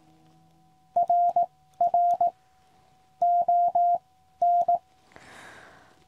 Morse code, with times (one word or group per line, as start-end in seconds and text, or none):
1.0-2.3 RR
3.2-4.0 O
4.4-4.8 N